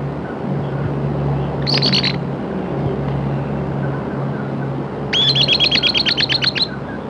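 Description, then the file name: Bird song: a short high burst, then a longer fast trill of repeated notes, set against a continuous low mechanical drone. "SABIOD"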